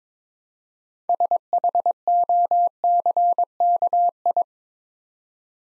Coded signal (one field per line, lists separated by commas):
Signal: Morse code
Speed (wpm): 22 wpm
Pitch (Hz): 700 Hz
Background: none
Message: SHOCKI